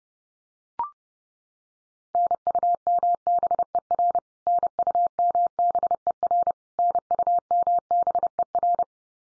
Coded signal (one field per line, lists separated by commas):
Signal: Morse code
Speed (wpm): 30 wpm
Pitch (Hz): 700 Hz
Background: none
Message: NUMBER NUMBER NUMBER